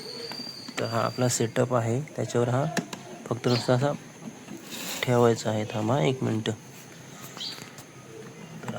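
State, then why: Seated. Someone talks while an action camera is set onto the quick-release mount adapter of a moto-vlogging setup and pressed home. A soft tap at 7.6 s is followed by a sharp click at 8.7 s as the camera clicks into the mount and is properly seated.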